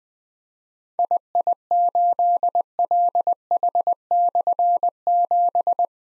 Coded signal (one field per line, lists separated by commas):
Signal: Morse code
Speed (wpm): 21 wpm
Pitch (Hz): 700 Hz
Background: none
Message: II8LH/7